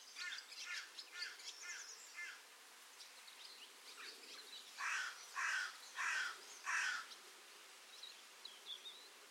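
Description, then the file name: Carrion crow calls: four harsh, hoarse caws about 0.6 seconds apart, preceded by a run of softer rapid chattering notes, with a brief thin bird note at the end. "Corvus corone"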